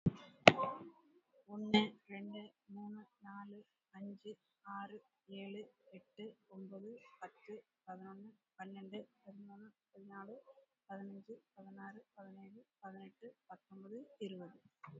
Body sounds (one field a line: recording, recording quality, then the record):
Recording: counting at a normal pace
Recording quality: excellent, no background noise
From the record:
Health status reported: COVID-19 positive, moderate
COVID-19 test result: positive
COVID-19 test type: RT-PCR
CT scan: not taken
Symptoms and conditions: cough, cold, fever, loss of smell and taste, diabetes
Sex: female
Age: 54 years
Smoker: no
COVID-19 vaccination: one dose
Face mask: worn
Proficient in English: yes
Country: India